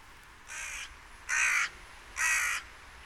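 Common starling giving three harsh, rasping screeches, each under half a second long, spaced roughly a second apart against a quiet background.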